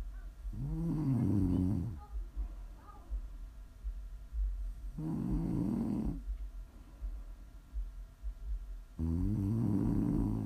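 Low-pitched snoring from an adult sleeper, with loud snores separated by quieter breathing between them.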